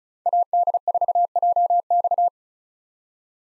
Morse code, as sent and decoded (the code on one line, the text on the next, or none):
.- -.. ....- .--- -..-
AD4JX